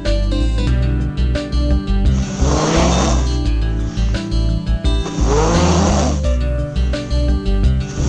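Two low, rattling snores about three seconds apart, each a rough rumbling breath, over a steady low background hum: ordinary snoring from a sleeping animal that has just fallen asleep.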